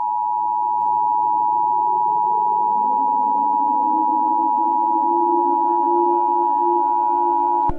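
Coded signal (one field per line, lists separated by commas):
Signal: Emergency Alert System (SAME) tones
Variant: 853 and 960 Hz attention tone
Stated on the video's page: Mock EAS alert about war on the United States, not a real alert.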